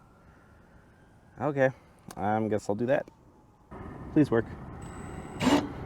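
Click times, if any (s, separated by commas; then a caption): 5.4 s. Someone talks while trying to back out an old screw holding a 17-year-old trailer roof vent with a driver bit. A steady drone starts around 3.7 s, and at 5.4 s a short sharp slip sounds as the bit skids in the worn-out screw head. The screw is stripped and does not turn.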